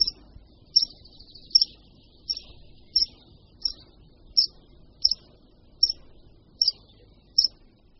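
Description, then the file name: Meadow pipit song, single sharp high notes spaced under a second apart, with a few softer trailing notes between them. "Linduška luční"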